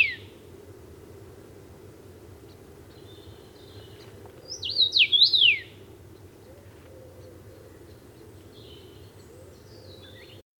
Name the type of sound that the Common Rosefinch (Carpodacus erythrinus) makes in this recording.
song